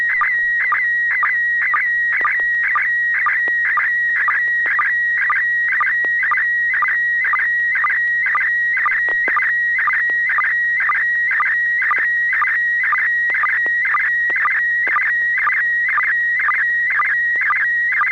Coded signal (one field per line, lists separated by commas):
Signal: SSTV (slow-scan television)